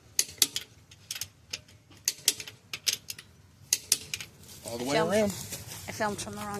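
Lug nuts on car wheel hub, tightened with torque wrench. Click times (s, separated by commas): 0.2 s, 0.4 s, 2.1 s, 2.3 s, 3.7 s, 3.9 s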